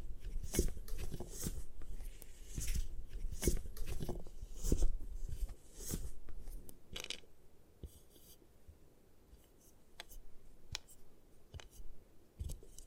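Gym chalk being crushed and broken, heard as a run of sharp crunching and crackling impacts that come irregularly, a few per second in the first half. Between them are softer gritty scrapes, and the activity thins out after about seven seconds with scattered snaps.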